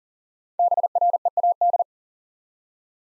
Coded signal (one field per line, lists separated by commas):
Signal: Morse code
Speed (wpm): 43 wpm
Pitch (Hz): 700 Hz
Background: none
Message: BREAD